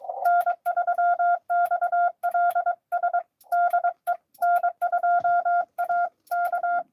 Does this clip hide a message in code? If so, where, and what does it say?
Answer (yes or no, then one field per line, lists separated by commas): yes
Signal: Morse code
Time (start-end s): 0.2-6.8 s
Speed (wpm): 24 wpm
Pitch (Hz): 690 Hz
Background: none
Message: N3XLS DE N2A K